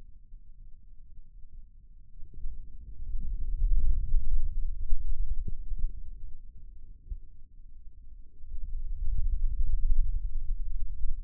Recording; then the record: forearm muscle sounds (acoustic myography)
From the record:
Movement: radial deviation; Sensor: system 2, bracelet of six BSWA MPA416 microphones around the upper forearm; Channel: 1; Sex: male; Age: 22 years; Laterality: right